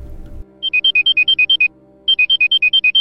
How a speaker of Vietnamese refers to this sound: Khi không còn sức để khóc nữa thì chuông điện thoại của cô bỗng reo lên.